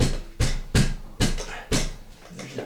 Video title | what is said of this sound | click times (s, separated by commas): How to Attach Cutin Eyeball Light Fixture to Ceiling | definite little click there you know like | 1.2 s